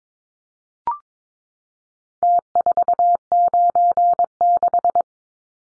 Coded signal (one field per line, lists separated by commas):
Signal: Morse code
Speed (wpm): 22 wpm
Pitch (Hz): 700 Hz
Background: none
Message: T496